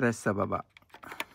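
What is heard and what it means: Someone talks while handling a flat helmet visor lens, working its lower hook toward the visor base on the helmet. After the speech, faint plastic handling noises follow, with one brief sharp tap near 1.2 s. Nothing has seated or clicked yet; the lower hook is not home by the end.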